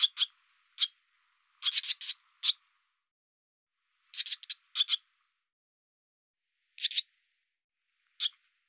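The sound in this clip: Barn swallow calls: brief, clipped chip notes, some single and some in clusters of two to four, with longer gaps between groups.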